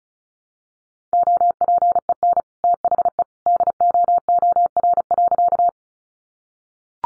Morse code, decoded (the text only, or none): OPEN THE DOOR.